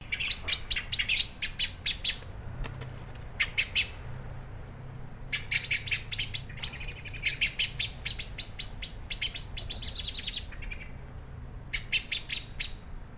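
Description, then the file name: Common blackbird giving sharp, clicking high chips in quick bursts, pausing between runs, over a low steady background hum. "Turdus merula"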